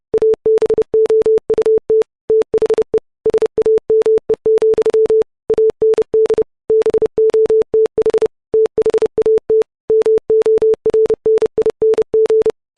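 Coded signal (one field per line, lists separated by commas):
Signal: Morse code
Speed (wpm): 30 wpm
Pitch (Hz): 440 Hz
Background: none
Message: ABOUT THE SAME, AND BOTH THAT MORNING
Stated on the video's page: Software-generated Morse at 30 WPM, sine wave, 440 Hz pitch, 44100 Hz 16-bit wave file.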